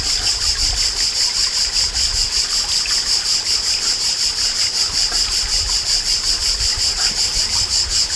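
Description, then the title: Grey cicada song: an unbroken, shrill buzzing drone with a regular pulsing throb, over soft low background noise. Mane, Alpes-de-Haute-Provence, France, July 1999. "Sylvain Jaskowiak - Animus. Cigale grise - Mane, Alpes-de-Haute-Provence - juillet 1999"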